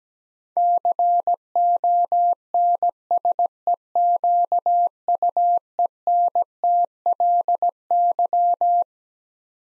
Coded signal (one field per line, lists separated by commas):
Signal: Morse code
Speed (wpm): 17 wpm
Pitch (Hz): 700 Hz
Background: none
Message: CONSEQUENTLY